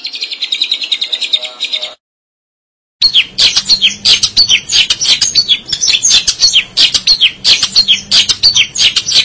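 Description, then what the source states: Long-tailed shrike song: a high chirp trill, a short silent gap, then a dense varied stream of scratchy, sweeping high notes. Recorded in March 2017.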